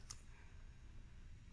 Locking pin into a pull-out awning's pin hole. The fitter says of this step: is this pin right here so this slides in through there and locks into place when your awning is deployed